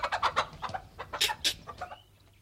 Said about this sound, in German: Was ist das? Verdammte Henne.